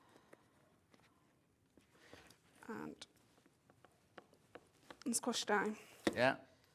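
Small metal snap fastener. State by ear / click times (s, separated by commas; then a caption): not seated / none. A female metal snap fastener half is handled onto its male stud in a fabric bag pocket, ready to be squashed down. Soft handling and a few short taps are heard while someone talks. Nothing has seated or clicked yet.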